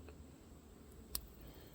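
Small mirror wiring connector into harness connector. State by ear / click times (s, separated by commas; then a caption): seated / 1.1 s. A small blind-spot wiring connector from a new Boostauto tow mirror is pushed into its harness connector after its pins are lined up. A faint tick sounds near 0.1 s, then a sharp, bright click at 1.2 s as the connector seats.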